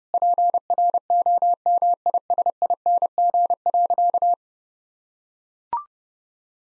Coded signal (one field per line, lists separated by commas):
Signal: Morse code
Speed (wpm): 30 wpm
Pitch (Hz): 700 Hz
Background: none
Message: PROMISING.